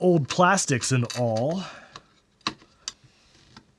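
Someone talks while holding a Killy clip accelerator adapter with two plastic side clips over an old 68000 processor chip on a computer logic board. Short, sharp handling ticks follow at about 2.5 s and 2.9 s, with a fainter one near 3.6 s. The clip has not snapped into place around the processor yet.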